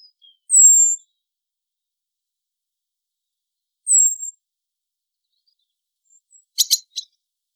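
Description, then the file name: Common blackbird thin calls: two high, slightly falling whistles about three seconds apart, followed later by a brief burst of dry clicking sounds. "Turdus merula"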